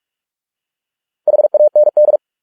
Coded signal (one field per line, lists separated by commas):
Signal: Morse code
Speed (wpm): 46 wpm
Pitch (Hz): 600 Hz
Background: none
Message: HAND